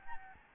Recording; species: mosquito wingbeat signal from an infrared sensor; Aedes albopictus